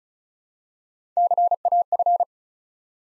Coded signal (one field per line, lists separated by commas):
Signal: Morse code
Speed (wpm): 36 wpm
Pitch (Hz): 700 Hz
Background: none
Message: CAF